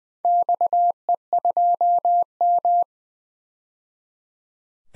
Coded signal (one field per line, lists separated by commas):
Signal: Morse code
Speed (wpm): 20 wpm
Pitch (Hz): 700 Hz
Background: none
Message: XE2M